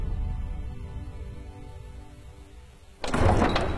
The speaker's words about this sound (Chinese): 寝殿的门吱呀一声开了，一双绣着龙纹的青靴停在沈妙面前，往上看是明黄的袍脚。